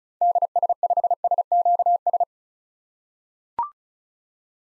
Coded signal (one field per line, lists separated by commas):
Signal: Morse code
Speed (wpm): 36 wpm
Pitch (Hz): 700 Hz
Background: none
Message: DS5SQS